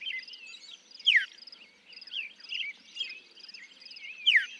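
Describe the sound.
Northern mockingbird song: a busy run of varied warbled and trilled phrases over a steady high chatter, punctuated by two loud, sharp downward-swept notes about three seconds apart.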